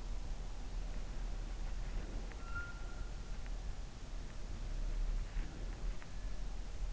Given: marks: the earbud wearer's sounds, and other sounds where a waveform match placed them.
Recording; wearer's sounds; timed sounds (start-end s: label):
sounds in sleep by an in-ear microphone; breath
1.72-3.02 s: breath
2.43-2.87 s: sound from someone else or the room
5.04-5.95 s: breath